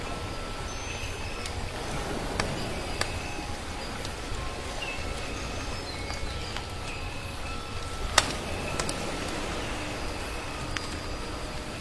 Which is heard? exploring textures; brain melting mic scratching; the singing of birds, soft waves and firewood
the singing of birds, soft waves and firewood